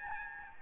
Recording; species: mosquito wingbeat signal from an infrared sensor; Aedes albopictus